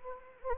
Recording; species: mosquito wingbeat signal from an infrared sensor; Anopheles arabiensis